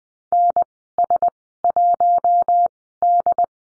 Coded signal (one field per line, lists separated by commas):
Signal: Morse code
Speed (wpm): 20 wpm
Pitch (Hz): 700 Hz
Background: none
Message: NS1D